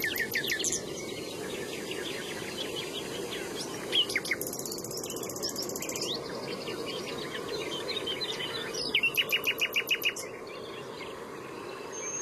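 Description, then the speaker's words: Common nightingale song: bursts of fast, hard repeated ticking notes and whistles, with pauses between phrases, over a low steady hum. Several nightingales singing in dunes, cutting through other birdsong; sounds likened to lasers and a science-fiction robot. "nachtegalen die knallen er echt doorheen, hè?"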